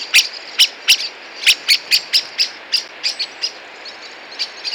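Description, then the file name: Common blackbird giving loud, hard chinking notes, well spaced at first, then softer and more scattered toward the end. "Turdus merula"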